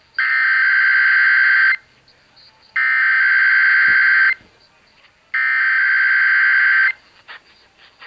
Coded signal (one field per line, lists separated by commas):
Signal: Emergency Alert System (SAME) tones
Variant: header bursts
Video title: KDKA Weekly Test || 11/20/22 (EAS # 1511-1513)